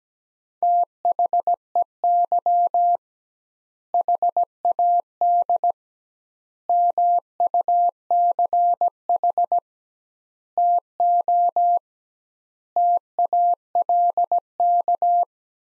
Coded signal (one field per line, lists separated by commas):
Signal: Morse code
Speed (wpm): 17 wpm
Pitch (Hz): 700 Hz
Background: none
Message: THEY HAD MUCH TO TALK